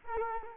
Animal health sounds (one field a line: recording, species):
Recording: mosquito wingbeat signal from an infrared sensor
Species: Culex quinquefasciatus